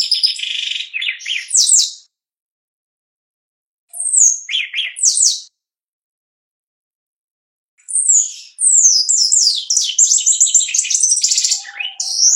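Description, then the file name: Shiny cowbird song: a short phrase of high descending whistles over burry lower notes, a brief repeat, then a long tumbling run of rapid downslurred notes; no other sounds. "canto do chupim"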